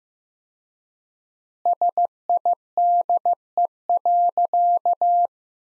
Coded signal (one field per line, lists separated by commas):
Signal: Morse code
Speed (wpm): 15 wpm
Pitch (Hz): 700 Hz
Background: none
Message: SIDE.